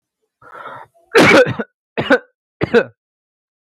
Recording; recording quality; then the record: heavy voluntary cough; excellent, no background noise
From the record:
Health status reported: healthy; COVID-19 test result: not tested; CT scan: not taken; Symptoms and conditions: none ticked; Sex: male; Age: 24 years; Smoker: no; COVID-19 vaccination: one dose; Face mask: not worn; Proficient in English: yes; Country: India